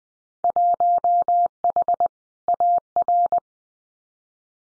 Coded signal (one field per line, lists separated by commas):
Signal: Morse code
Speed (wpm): 20 wpm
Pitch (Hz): 700 Hz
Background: none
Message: 1H AR